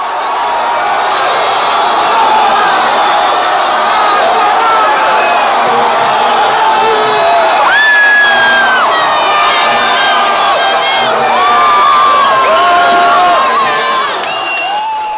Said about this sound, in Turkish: Ve Thiago Silva'nın 7. dakikada attığı golle Aspicuelta sokağı çığlıklarla inledi.